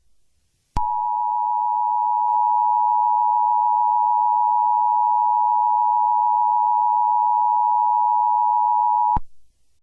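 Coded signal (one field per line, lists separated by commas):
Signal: Emergency Alert System (SAME) tones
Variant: 853 and 960 Hz attention tone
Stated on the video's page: Fictional EAS scenario, not a real alert.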